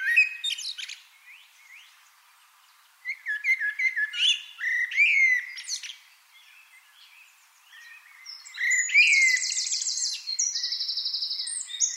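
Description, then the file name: Eurasian wren song: bursts of quick, high twittering notes, then a loud, fast, buzzy trill held for several seconds near the end. "Troglodytes troglodytes"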